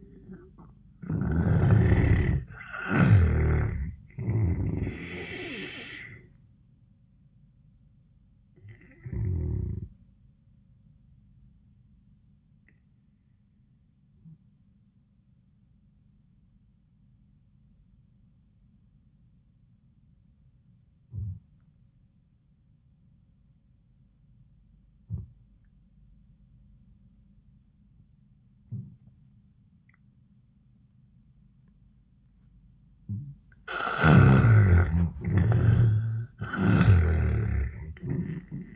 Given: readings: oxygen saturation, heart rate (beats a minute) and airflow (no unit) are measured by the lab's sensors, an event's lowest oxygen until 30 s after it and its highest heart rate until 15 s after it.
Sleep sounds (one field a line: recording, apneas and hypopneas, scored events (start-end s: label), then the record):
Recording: breathing in sleep by a smartphone at the bedside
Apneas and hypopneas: 1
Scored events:
9.00-33.80 s: hypopnea (N1, oxygen 96% highest, then 76% lowest, heart rate 89 at the start, 99 highest)
15.00-38.76 s: new sleep stage, N2 (light sleep)
From the record:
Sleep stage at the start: N1 (lightest sleep)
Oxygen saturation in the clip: 79 to 96%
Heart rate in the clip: 76 to 95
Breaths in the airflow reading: 7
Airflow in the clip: -17.3 to 16.0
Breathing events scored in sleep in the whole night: 400 in 8.7 hours asleep